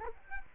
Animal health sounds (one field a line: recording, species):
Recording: mosquito wingbeat signal from an infrared sensor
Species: Culex quinquefasciatus